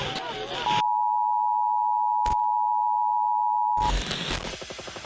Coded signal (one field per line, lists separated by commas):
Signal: Emergency Alert System (SAME) tones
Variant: 853 and 960 Hz attention tone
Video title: Propaganda 011 Emergency Broadcast System - Format